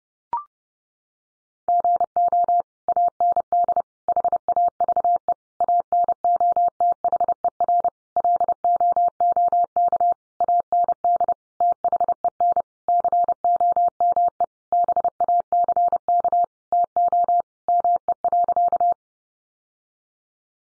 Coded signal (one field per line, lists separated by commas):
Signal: Morse code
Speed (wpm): 30 wpm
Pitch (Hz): 700 Hz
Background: none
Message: GO AND HAVE ANOTHER LOOK AND THEN COME BACK TO ME.